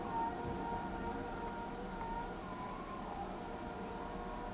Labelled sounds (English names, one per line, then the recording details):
none
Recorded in pastures near Pivijay, Magdalena, Colombia, on 17 April 2023 at 19:30
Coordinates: 10.456, -74.369
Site P6-G026